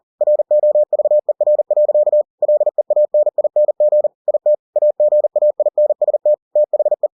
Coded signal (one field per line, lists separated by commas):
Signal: Morse code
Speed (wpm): 40 wpm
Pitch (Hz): 600 Hz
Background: none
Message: ROVER. LEANING IT AGAINST THE